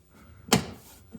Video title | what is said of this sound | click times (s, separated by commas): 2022 RAV4 Prime XSE Blackvue Dashcam Install | hear it snap back into place. | 0.5 s